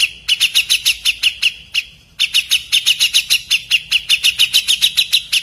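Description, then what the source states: Grey-cheeked bulbul chattering, a fast run of sharp, bright notes repeated several times a second, pausing briefly midway before resuming at the same steady pace. Tutor song used for training caged songbirds to copy the song.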